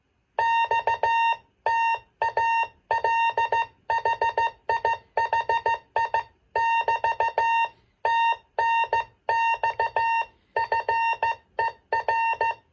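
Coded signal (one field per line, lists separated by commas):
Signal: Morse code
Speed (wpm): 15 wpm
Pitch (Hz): 920 Hz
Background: none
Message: XTAL HI HI <BT> TNX FER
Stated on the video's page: 40-meter contact on a superhet transceiver with 455 kc ceramic filter, crystal-controlled one-watt transmitter on 7039.5 kc.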